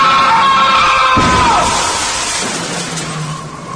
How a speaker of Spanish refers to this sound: Nervioso por lo sucedido, cruzó rápidamente la calle, pero sin fijarse que venía un auto a toda velocidad, el cual lo impactó matándolo al instante.